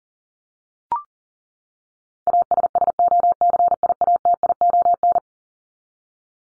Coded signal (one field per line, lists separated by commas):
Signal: Morse code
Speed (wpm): 40 wpm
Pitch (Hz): 700 Hz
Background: none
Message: ASSOCIATION